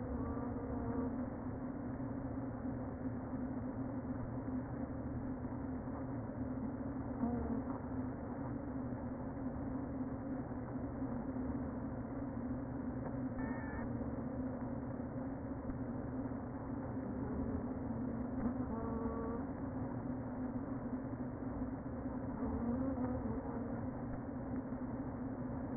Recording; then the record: honeybee colony, microphone inside the hive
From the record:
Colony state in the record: queen present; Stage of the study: before two queens were removed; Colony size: about 60,000 bees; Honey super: yes